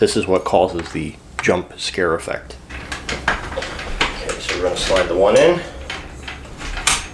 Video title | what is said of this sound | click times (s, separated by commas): How To Assemble The Spirit Halloween Pennywise Animatronic | click into place and bring over the other again | 6.9 s